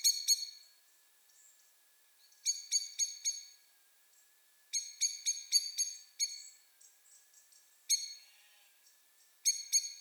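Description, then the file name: Common blackbird calls: repeated bursts of hard, ringing chinks with quieter gaps between, and soft twittering in the background. "Turdus merula"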